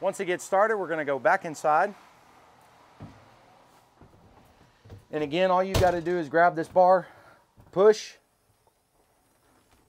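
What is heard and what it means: A person talks while handling the roof support bar on the pop-up roof of a 2020 Cricket by TAXA Outdoors camper, grabbing the bar to push it toward its locking position. A few faint thumps sound between the spoken phrases, and the clip goes quiet after about 8.3 seconds. Nothing has seated or clicked yet.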